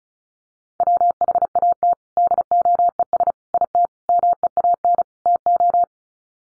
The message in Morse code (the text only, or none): WHAT DOES IT MEAN TO